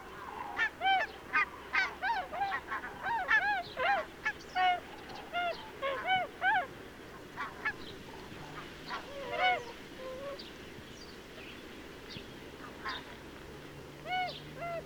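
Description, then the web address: Bewick's swan honks, loud and clustered in the first half then thinning to scattered single calls, several birds calling together. "chant xeno-canto cygne de bewick"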